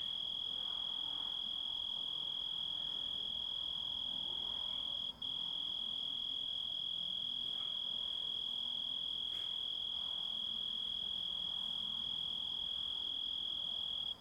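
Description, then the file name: Grasshopper song: a continuous pure high tone that barely wavers, dropping out for an instant twice, over a low hum of background noise. Composite recording of grasshopper sounds. "engisprettur"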